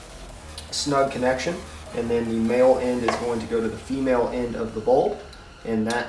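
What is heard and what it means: A plastic male-female connector on a Morimoto 2Stroke 2.0 H11 LED bulb adapter is pushed onto the factory headlight wiring harness of a 2018 Ford Edge. A short, sharp click is heard at 0.6 s while someone talks, and the connector is seated in a snug connection.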